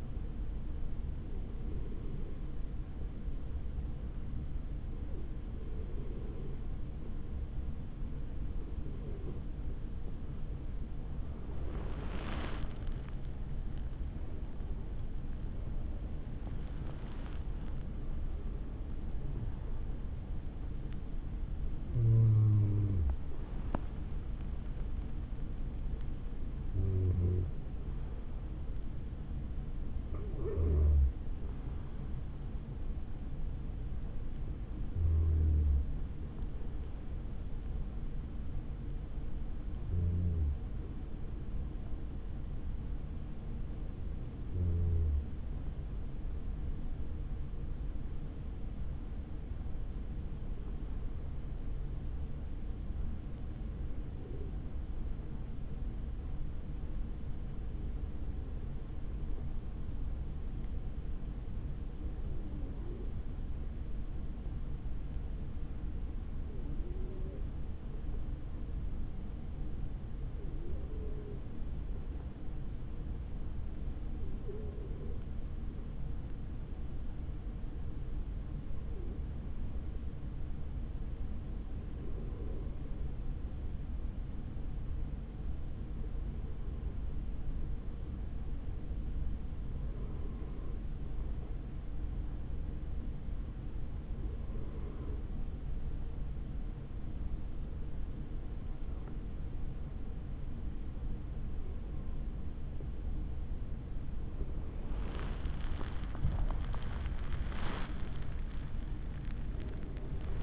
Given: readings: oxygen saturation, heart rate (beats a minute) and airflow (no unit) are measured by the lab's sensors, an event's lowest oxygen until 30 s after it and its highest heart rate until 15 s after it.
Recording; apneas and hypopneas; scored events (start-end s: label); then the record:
breathing in sleep by a smartphone at the bedside; 1
35.00-105.80 s: hypopnea (N2, oxygen 96% highest, then 91% lowest, heart rate 67 at the start, 87 highest)
109.00-110.43 s: new sleep stage, N1 (lightest sleep)
From the record:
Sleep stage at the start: N2 (light sleep); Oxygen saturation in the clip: 91 to 96%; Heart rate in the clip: 58 to 85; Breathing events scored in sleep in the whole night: 160 in 9.3 hours asleep